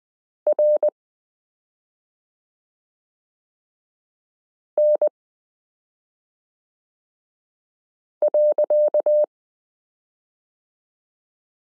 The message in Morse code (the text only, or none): RN.